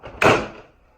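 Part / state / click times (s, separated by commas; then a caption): main section of a window/room air conditioner sliding into its housing / seated / 0.2 s. The main internal section of a window/room air conditioner is slid back into its housing during reassembly after cleaning. After a low rumble, one sharp, loud broadband hit lands at 0.2 s and then decays over about half a second. The section clicks into place and is seated.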